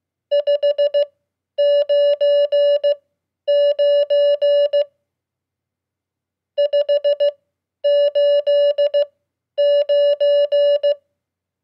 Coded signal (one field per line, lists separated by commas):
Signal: Morse code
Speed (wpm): 16 wpm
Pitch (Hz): 580 Hz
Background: none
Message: 599 589